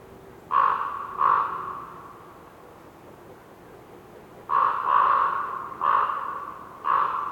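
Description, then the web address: Raven giving short, hollow croaks, two together, a pause, then a few more, with faint wind. Raven croaking in a winter forest during a windy, whistling blizzard with snow, North Laurentian Woods, Canada. "WINTER Forest windy whistling blizzard snow with raven bird croaking, North Laurentian Woods, Canada. GDC 2018-Game Audio Bundle"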